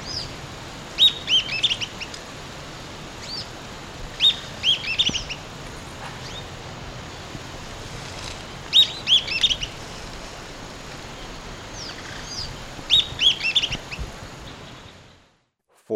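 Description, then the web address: Sooty-headed tyrannulet song: brief bursts of high, sharp twittering notes about every four seconds, quiet between bursts, ending in silence. Ecuador. "Natures Songs S America Birds of Ecuador. Sooty-headed Tyrannulet"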